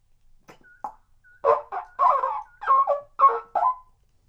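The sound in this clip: Bird giving a series of harsh, nasal, gobbling bursts, with a few brief clear whistled notes between them, the first bursts faint.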